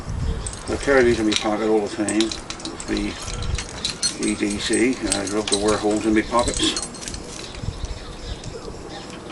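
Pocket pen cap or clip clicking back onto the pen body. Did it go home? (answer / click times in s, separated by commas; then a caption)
no / none. Someone talks while handling an everyday-carry pocket pen, working its cap or clip back toward the pen body with light clicks and taps of handling. Nothing has seated or clicked into place yet.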